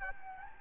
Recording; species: mosquito wingbeat signal from an infrared sensor; Anopheles gambiae